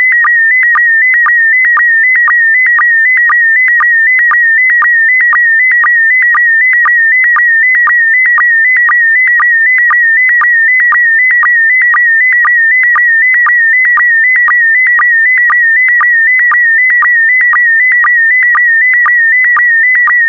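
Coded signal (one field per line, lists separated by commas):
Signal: SSTV (slow-scan television)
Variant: PD120 mode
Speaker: complete. You can now check your decoded image against the picture that is shown on the video.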